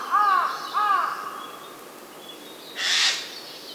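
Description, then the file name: Eurasian jay calls: two short, arched, nasal notes close together, then after a pause one harsh, rasping screech. "Garrulus glandarius"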